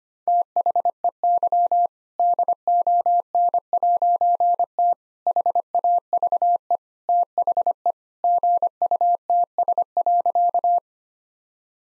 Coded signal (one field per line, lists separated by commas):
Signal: Morse code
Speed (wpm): 25 wpm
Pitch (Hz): 700 Hz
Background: none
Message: THEY DON'T HAVE THE GUTS.